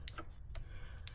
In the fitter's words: There's a little click.